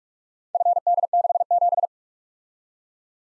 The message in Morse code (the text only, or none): FD67